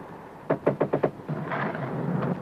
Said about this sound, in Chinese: 不碍事，幸亏你敲门了。